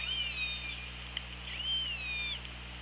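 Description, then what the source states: Killer whale calls, two drawn-out tonal cries that rise, hold steady and then bend downward, over a constant low underwater hum. Recorded on the OrcaLab hydrophone, 24 August 2017 at 15:39.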